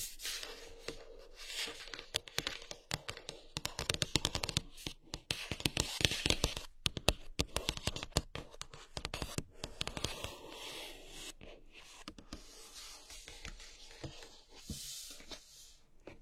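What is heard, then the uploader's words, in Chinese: Tapping and knocking sounds, fast and irregular, many sharp clicks in quick clusters. The hits come thickest and loudest from about four to ten seconds, then thin out into lighter, scattered taps. The strikes are crisp and bright, with little low thump. 舒压疗愈的敲击音。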